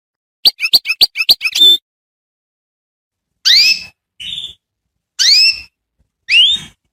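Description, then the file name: Canary phrases: a rapid stuttering series of sharp notes, then separate upswept chirps and a short buzzy note spaced by silences. Song intended for training young canaries. "Chant Canari Super Pour l'écolage des jeunes"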